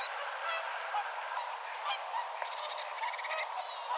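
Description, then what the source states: Tits calling in a flock: thin, very high seeps overlapping with short buzzy, rattling note series and softer mid-pitched chips, with steady background hiss. Tit flock vocalizing, recorded on 6 October 2025.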